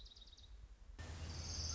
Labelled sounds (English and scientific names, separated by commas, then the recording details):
Orange-crowned Warbler (Leiothlypis celata)
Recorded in Sonoma County, California